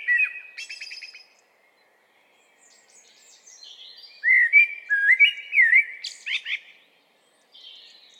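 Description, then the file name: Common blackbird song with a rattling, scratchy opening, then clear swooping whistled notes and a high, squeaky finish. "Turdus merula"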